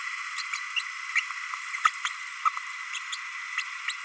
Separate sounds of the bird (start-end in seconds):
0.38-0.44, 0.76-0.83, 1.15-1.21, 1.73-1.76, 1.84-1.90, 2.03-2.09, 3.12-3.18, 3.57-3.63, 3.88-3.93